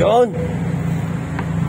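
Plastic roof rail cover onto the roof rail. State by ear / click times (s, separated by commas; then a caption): seated / 1.4 s. A plastic roof rail cover on a Honda BR-V is pressed onto the roof rail until it locks. Someone talks at the start over a steady low hum, and a short, sharp click at 1.4 s marks the cover seating and locking in place.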